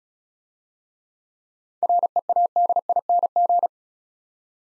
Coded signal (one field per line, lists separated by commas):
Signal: Morse code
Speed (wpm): 34 wpm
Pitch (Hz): 700 Hz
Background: none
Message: READING